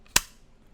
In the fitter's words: Also, when it comes to putting the gun in the holster, I'm a big fan of an audible click, and this one definitely has it.